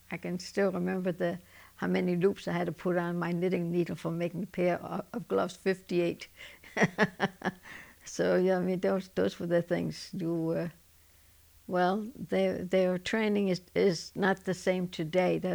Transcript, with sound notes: I can still remember the, how many loops I had to put on my knitting needle for making a pair of gloves. Fifty-eight. ( she laughs ) So those were the things you were, well, their training is not the same today.